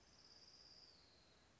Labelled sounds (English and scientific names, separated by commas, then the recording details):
Orange-crowned Warbler (Leiothlypis celata)
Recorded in Sonoma County, California